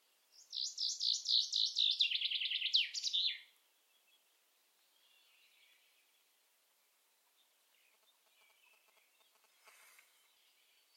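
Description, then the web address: Common chaffinch delivering a fast, tumbling phrase of repeated notes that falls in pitch and ends in a flourish, then quiet with a brief faint click later. "Deverinetal"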